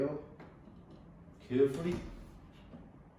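A bed rail is carefully aligned into the frame of a car bed platform while someone talks, with a faint tap around 0.4 s. Nothing has seated or clicked yet by the end of the clip.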